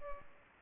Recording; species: mosquito wingbeat signal from an infrared sensor; Culex pipiens